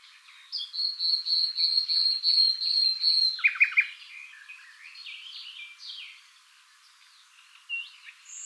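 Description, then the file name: Common nightingale song opening with a long string of steady repeated whistled notes, then a brief burst of sharper notes followed by softer varied notes. "Luscinia megarhynchos"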